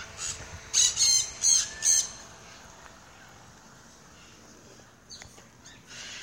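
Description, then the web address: Parrot giving four harsh, noisy squawks in quick succession, then near silence with a few faint calls near the end. "The Bird Sanctuary parrots"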